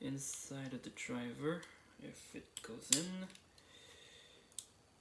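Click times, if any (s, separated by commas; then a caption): none. Someone talks while pushing a small plastic V gear insert into the driver of a Beyblade Burst DB spinning top, and a few faint, brief taps follow near the end. No click is heard, so the gear has not clicked into the driver, even though the part sits in place.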